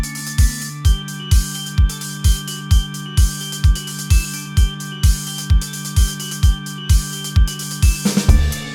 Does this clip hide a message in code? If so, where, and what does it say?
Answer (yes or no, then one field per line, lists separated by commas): no